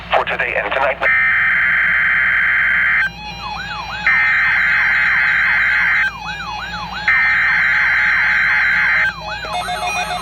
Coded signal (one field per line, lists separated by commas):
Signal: Emergency Alert System (SAME) tones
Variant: header bursts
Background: speech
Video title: Required Weekly Test - 07/11/18 (EAS #1,636)